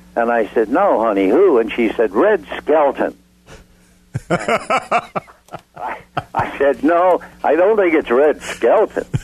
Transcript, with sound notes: And I said no, honey, who? And she said Red Skelton. (laughing) And I said no, I don’t think it’s Red Skelton.